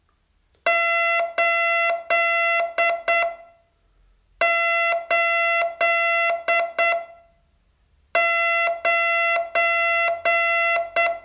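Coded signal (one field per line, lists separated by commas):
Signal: Morse code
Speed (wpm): 7 wpm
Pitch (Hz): 2050 Hz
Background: none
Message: 8 8 9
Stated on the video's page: Day 36 of a 42-day Morse code training course.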